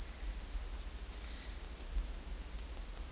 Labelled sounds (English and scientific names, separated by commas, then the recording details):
none
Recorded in dense forest near Puerto Asís, Putumayo, Colombia, on 19 February 2024 at 12:00
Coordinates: 0.484, -76.317
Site G6464